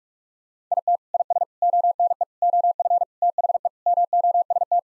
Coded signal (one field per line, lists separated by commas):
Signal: Morse code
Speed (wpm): 46 wpm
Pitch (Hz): 700 Hz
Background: none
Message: IT IS ONE OF THE MOST